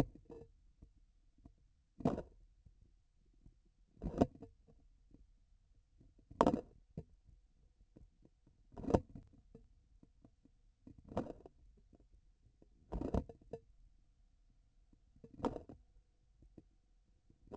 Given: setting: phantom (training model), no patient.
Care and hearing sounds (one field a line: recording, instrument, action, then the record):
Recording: laparoscopic instrument, vibration sensor on the handle end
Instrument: grasping forceps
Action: opening and closing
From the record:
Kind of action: tool actuation without material contact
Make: Olympus